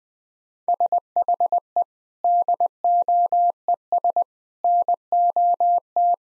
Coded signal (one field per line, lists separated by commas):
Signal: Morse code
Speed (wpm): 21 wpm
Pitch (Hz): 700 Hz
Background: none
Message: SHE DOES NOT